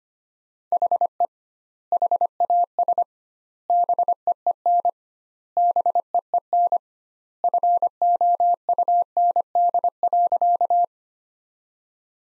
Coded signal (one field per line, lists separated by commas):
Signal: Morse code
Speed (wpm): 25 wpm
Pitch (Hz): 700 Hz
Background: none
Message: HE HAS BEEN BEEN FOUND.